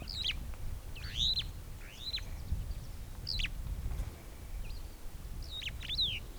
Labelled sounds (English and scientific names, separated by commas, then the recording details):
Superb Starling (Lamprotornis superbus) flight call
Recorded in Kenya